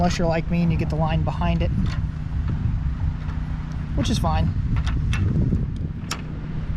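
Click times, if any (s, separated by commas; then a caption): 6.1 s. Someone talks while the spool or cover of a budget fly reel, taken off with its release buttons, is pressed back onto the reel frame over a steady low background hum. A sharp click at 6.1 s marks the spool snapping back into place, seated.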